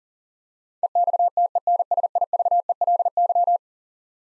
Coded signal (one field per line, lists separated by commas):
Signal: Morse code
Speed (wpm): 40 wpm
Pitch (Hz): 700 Hz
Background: none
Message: EXTENSIVELY